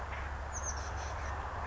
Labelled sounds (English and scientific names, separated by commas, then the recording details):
Oak Titmouse (Baeolophus inornatus)
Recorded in Sonoma County, California